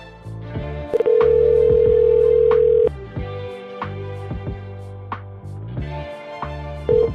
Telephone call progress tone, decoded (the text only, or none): ringback tone